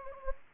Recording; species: mosquito wingbeat signal from an infrared sensor; Anopheles gambiae